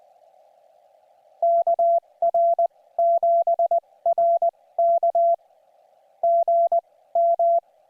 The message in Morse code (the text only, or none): KR7RK GM